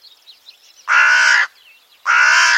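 Bird giving two coarse, drawn-out caws after a moment of faint twittering from small birds, which continues softly between the calls.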